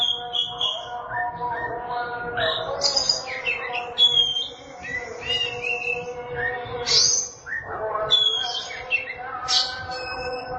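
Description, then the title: Oriental magpie-robin singing varied phrases of whistles, squeaks and rapid slurred notes in bursts, over a steady low hum. Kacer song. "Suara Kicauan Burung Kacer"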